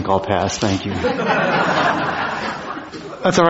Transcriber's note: laughter